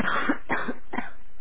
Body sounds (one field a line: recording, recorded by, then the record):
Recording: voluntary cough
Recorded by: telephone call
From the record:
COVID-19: positive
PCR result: self-reported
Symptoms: no